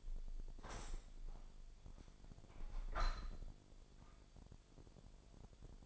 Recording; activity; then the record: daily activity, microphone in the room; open window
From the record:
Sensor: 5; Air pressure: 1006.6 hPa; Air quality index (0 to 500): 192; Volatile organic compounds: 5 ppm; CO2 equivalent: 1822 ppm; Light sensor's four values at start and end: 57/162/63/64 and 57/162/63/64